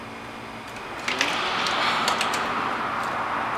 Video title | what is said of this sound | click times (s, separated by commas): RAM **POWER FOLDING** TOW MIRRORS (INSTALL VIDEO) | so that little snapping noise you heard is just this retaining clip | 1.1 s, 1.2 s